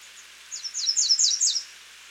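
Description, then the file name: American redstart singing a rapid, high, sibilant phrase of several down-slurred notes. "Setophaga ruticilla - American Redstart"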